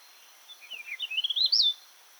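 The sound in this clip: Jerdon's bush chat giving a short, scratchy warbled phrase of quick notes climbing in pitch to a high squeaky end, with a faint steady hiss behind.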